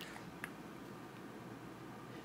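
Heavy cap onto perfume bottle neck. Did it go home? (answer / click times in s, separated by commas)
no / none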